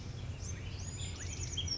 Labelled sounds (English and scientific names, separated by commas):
Chestnut-backed Chickadee (Poecile rufescens)